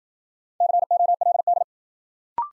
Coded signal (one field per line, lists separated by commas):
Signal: Morse code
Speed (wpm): 52 wpm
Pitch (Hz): 700 Hz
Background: none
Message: COLD